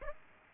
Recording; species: mosquito wingbeat signal from an infrared sensor; Aedes aegypti